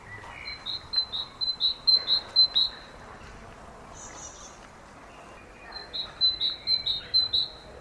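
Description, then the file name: Great tit calling in two runs of quick, repeated ringing two-part notes, a pause between them, with a faint higher chirp in the gap. "Parus major"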